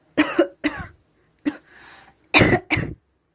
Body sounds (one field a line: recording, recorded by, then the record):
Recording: voluntary cough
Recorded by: messaging app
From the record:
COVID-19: negative